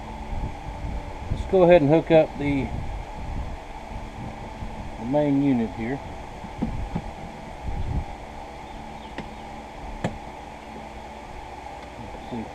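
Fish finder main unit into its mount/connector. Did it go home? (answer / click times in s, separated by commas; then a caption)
yes / 9.2 s, 10.0 s. A Lowrance Hook 5 Tripleshot fish finder main unit is hooked up onto its mount or connector while someone talks over a steady background hum. Two short, sharp clicks ring out at 9.2 s and 10.0 s as the unit snaps into place and is seated.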